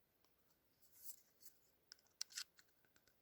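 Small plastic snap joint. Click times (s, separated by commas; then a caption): 2.2 s. The handle half of a two-piece plastic camp spoon from a Stanley Essential Pot Set is fitted into the spoon head half. Soft, hissy rubbing and scraping of plastic is heard before a faint tick at 1.9 s. A sharp click at 2.2 s, as the small lever pops into place, is followed by a brief rattle, and the two halves are locked together and secure.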